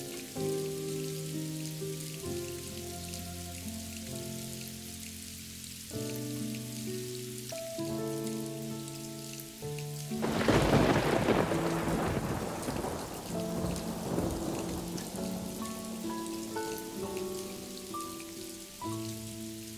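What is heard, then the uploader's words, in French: Soft guitar chords change every couple of seconds over steady rain on a lake, with a rumbling thunder swell around ten seconds. ORAGE et PLUIE avec une MUSIQUE Apaisante à la Guitare. Un orage et d'une pluie tombant sur un lac, accompagnés d'une douce musique à la guitare.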